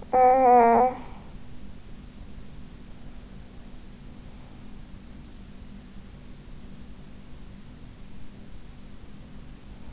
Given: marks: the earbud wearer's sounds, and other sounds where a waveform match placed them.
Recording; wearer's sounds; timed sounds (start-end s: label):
sounds in sleep by an in-ear microphone; talking in sleep
0.00-1.37 s: talking in sleep